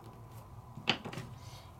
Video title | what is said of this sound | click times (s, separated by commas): #351 What is Pergamano and how we made it easy with Simply Defined Dies & coloring on heavy vellum | let it kind of click into place, | 0.9 s